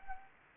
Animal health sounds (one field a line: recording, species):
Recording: mosquito wingbeat signal from an infrared sensor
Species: Anopheles arabiensis